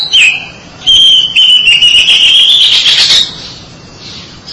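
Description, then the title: Oriental magpie-robin song: a short whistle, then a long sustained, slightly rising whistled trill lasting about two seconds before fading. "Suara Kicauan Burung Kacer Durasi Panjang"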